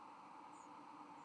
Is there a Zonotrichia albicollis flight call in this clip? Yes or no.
no